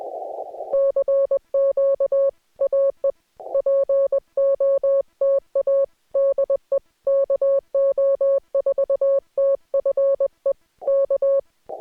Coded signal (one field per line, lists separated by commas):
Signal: Morse code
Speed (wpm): 20 wpm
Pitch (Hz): 550 Hz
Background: music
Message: CQ AE POTA DE KO4TFE K